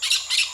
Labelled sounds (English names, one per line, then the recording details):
Brown-throated Parakeet contact call
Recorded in Venezuela
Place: Maracay, UCV-Agronomy campus
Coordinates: 10.278, -67.607